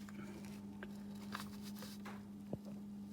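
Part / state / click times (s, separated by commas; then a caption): spark plug wire boot onto spark plug or coil terminal / not seated / none. A greased rubber boot on a Taylor spark plug wire for a Camaro ZL1 is handled and pushed toward its spark plug or coil terminal. A steady low hum runs throughout, with a few faint, brief handling taps. Nothing has seated or clicked yet.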